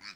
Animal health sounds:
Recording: pig call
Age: piglet (1 to 25 days)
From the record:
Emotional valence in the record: positive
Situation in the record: short reunion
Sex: female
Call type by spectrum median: high-frequency call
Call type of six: low-frequency tonal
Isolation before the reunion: 3 minutes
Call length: 0.16 s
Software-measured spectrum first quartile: 1903 Hz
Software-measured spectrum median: 3280 Hz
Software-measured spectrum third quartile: 4841 Hz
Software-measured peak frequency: 4567 Hz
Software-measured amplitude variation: 143 dB a second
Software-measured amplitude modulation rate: 3.2 a second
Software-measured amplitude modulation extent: 44.9 dB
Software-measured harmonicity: 0.1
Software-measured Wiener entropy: -1.40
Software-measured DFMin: 697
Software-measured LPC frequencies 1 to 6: 1384, 1873, 2379, 3999, 4545, 5119 Hz

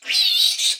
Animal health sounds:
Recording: pig call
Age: piglet (1 to 25 days)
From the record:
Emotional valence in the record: negative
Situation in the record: restrain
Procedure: in the arms of a person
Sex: female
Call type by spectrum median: high-frequency call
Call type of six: high-frequency stable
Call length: 0.80 s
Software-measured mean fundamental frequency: 273 Hz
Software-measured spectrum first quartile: 3685 Hz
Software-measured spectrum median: 4205 Hz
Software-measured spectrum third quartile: 5412 Hz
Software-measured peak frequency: 3869 Hz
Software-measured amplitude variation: 165 dB a second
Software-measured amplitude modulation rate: 19.5 a second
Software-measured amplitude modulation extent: 8.5 dB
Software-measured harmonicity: 4.7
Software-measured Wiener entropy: -3.09

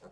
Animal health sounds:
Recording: pig call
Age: piglet (1 to 25 days)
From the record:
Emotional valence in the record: negative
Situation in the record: short isolation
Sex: male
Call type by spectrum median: low-frequency call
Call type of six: low-frequency tonal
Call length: 0.11 s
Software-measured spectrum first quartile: 355 Hz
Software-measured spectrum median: 549 Hz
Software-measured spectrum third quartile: 1036 Hz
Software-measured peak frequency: 533 Hz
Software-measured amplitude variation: 109 dB a second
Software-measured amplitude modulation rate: 4.5 a second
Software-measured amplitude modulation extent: 24.3 dB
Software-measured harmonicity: 1.6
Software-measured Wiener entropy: -0.10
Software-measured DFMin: 1041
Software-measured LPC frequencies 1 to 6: 545, 1327, 3605, 4377, 5245, 6361 Hz

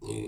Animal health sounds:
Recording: pig call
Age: weaner (32 to 43 days)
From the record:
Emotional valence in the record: negative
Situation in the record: long isolation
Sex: female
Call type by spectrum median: low-frequency call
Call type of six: low-frequency stable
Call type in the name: low-frequency stable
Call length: 0.28 s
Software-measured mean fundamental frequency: 50 Hz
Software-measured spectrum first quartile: 287 Hz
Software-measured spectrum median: 555 Hz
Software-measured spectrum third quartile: 5253 Hz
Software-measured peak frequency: 402 Hz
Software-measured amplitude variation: 121 dB a second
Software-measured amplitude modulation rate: 30.1 a second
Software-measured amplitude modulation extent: 4.0 dB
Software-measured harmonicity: 5.7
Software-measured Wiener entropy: -4.69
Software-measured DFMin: 1047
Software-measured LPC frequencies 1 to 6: 369, 888, 2539, 3513, 4164, 5564 Hz

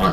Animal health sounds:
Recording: pig call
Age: piglet (1 to 25 days)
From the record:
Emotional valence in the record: positive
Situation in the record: reunion after long isolation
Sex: male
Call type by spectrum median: low-frequency call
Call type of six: low-frequency tonal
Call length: 0.14 s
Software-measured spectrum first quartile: 263 Hz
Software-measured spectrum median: 699 Hz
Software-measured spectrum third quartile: 1269 Hz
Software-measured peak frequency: 179 Hz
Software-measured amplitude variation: 97 dB a second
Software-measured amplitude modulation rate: 11.1 a second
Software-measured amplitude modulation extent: 8.7 dB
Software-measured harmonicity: 1.1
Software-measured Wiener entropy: -0.91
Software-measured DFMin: 1014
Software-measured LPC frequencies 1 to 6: 514, 1176, 3228, 4147, 5279, 6686 Hz

